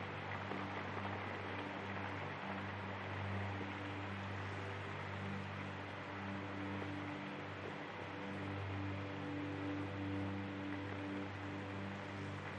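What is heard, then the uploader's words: A steady wash of crackly hiss fills the whole clip, layered over soft sustained low tones that shift gently without any sharp notes. Peaceful Soundscape with Vinyl Crackle Sounds. The sound of a crackling record player.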